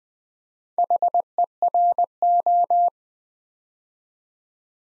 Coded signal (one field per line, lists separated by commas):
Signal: Morse code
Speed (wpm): 20 wpm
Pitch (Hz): 700 Hz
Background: none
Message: HERO